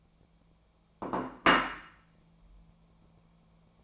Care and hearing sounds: daily activity, microphone in the room; place plate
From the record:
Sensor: 1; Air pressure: 1000.3 hPa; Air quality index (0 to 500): 142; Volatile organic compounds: 3 ppm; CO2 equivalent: 1340 ppm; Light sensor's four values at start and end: 27/67/28/34 and 27/67/28/34

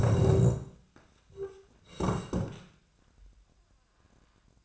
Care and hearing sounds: daily activity, microphone in the room; sit down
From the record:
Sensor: 2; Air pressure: 1012.1 hPa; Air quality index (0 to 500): 158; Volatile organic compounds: 2 ppm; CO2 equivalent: 1155 ppm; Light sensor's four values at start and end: 39/97/42/48 and 54/129/57/66

